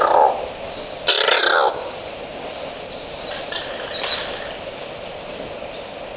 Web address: Oilbird. صدای-مرغ-روغنی